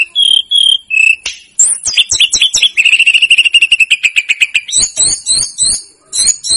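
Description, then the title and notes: Snowy-browed flycatcher song: a few pure whistles, then a rapid rattling series of short notes and high twittering phrases. Masteran recording for training cage birds; local names tledekan gunung and sikatan gunung. "Masteran Tledekan Gunung Sikatan Gunung 1. BURUNG TLEDEKAN"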